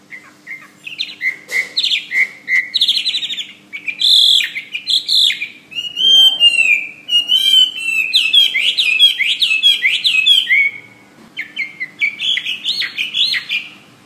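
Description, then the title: Bird singing a long, varied song mixing clipped chirps, buzzy trills and sweeping whistles, with a brief lull before renewed notes. "SuaraBurung Kicau"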